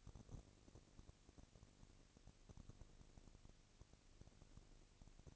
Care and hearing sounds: daily activity, microphone in the room; no activity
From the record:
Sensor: 4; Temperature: 22.5 degrees Celsius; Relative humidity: 33.4%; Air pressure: 999.7 hPa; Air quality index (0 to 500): 231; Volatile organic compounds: 20 ppm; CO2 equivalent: 2705 ppm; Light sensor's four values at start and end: 2/3/1/1 and 2/3/1/1

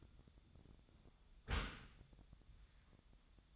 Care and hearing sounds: daily activity, microphone in the room; close dishwasher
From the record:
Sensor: 3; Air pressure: 1004.6 hPa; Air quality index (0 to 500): 103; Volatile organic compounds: 4 ppm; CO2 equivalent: 1606 ppm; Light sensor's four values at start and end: 7/17/7/6 and 7/17/7/6

